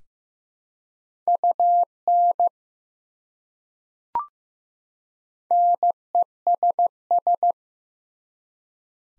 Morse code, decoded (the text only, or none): UN NESS